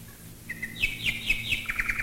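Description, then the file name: Common nightingale song: a steady whistled note, then a series of rapid repeated chirping phrases at even intervals, over a low steady hum. Nightingales singing while bombers fly over, recorded in 1942. "nightingales and bombers 1942"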